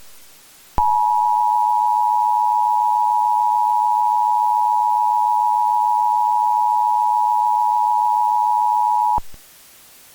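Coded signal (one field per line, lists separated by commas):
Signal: Emergency Alert System (SAME) tones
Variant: 853 and 960 Hz attention tone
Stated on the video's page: Fictional scenario built from valid tones.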